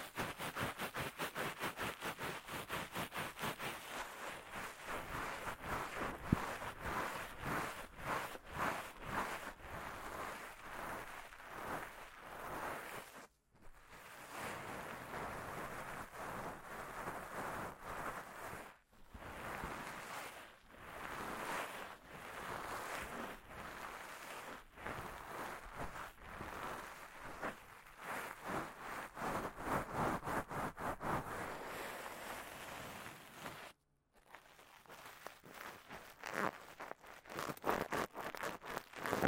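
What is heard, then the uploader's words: Gloved hands rub and brush right against the microphone in a dense, rapid rustle of close friction sounds, bright and whooshing with a soft low rumble underneath. The rubbing continues almost without pause, stopping briefly around 13, 19 and 34 seconds. ASMR×KU100 | 手套耳朵按摩 | Gloves Ear Massage.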